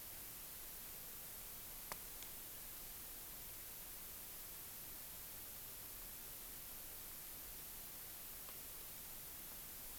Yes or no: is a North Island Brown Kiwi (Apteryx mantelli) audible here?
no